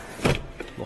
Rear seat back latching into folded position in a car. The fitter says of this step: so if I were to demonstrate quickly if I pull this down like that locks